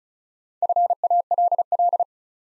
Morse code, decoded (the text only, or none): FALL